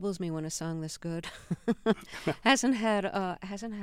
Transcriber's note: laughter